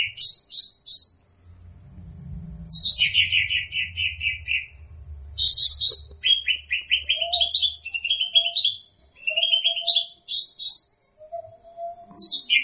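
Songbird delivering repeated phrases of rapid high chirps, some rising and stepping downward, with brief pauses between bursts.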